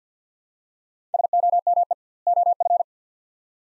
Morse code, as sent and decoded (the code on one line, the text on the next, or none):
... --- -- . / --- ..-.
SOME OF